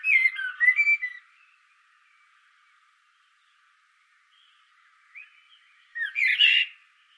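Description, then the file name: Common blackbird warbling in a tumbling, mellow phrase, a quiet gap with faint notes, then a brief loud, squeaky twitter. "Turdus merula"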